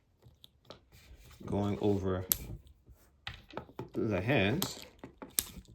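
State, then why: Released. Plastic hands of an S.H. Figuarts Full Power Frieza action figure are pulled off the figure's wrist pegs while someone talks. Small clicks and handling sounds lead up to a sharp, satisfying snap at 5.4 s as a hand releases from its peg.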